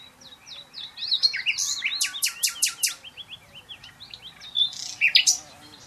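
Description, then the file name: Common nightingale song: rich varied phrases of quick whistled notes, sharp upward slurs and loud rapid trills, bursting out in rhythmic clusters with short pauses between. "Luscinia megarhynchos"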